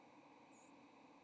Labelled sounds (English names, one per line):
White-throated Sparrow flight call